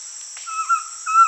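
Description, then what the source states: Collared trogon song: two soft, steady, level whistled notes at the same mid pitch, with a constant high insect hiss behind. Recorded in Peru, Amazon region.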